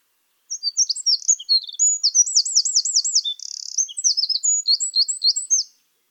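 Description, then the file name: Eurasian wren singing a strident five-second phrase: quick high twitters, then a looping rapid trill and short buzz, followed by more rushed chips; clean background. "Troglodytes troglodytes"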